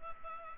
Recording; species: mosquito wingbeat signal from an infrared sensor; Culex pipiens